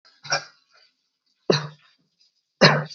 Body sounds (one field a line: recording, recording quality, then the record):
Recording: shallow voluntary cough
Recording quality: excellent, no background noise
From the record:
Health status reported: COVID-19 positive, mild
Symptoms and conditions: cough, cold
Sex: male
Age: 38 years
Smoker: not ticked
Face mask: not worn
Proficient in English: yes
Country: India